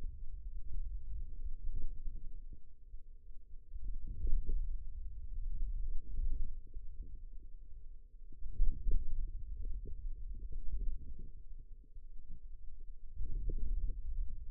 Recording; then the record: forearm muscle sounds (acoustic myography)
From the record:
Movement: hand closing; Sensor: system 2, bracelet of six BSWA MPA416 microphones around the upper forearm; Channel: 3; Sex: female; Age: 21 years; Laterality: right